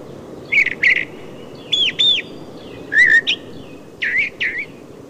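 Brown thrasher singing clear whistled and slurred phrases, each typically doubled, delivered about once a second with brief gaps between.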